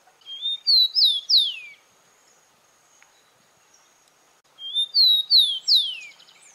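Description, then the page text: Rufous-collared sparrow repeating its song twice, about four seconds apart, each a soft rising lead-in then three clear whistles sliding steeply downward. "TICO TICO (Zonotrichia Capensis)"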